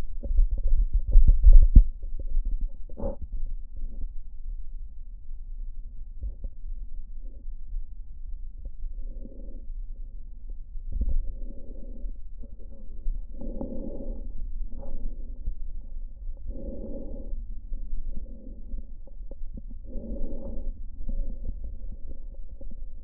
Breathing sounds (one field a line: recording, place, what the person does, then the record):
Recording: lung sounds by stethoscope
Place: left posterior basal chest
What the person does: quiet breathing, then deep breathing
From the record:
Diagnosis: COPD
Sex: female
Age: 68 years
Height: 150 cm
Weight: 70 kg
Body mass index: 31.1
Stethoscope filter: diaphragm mode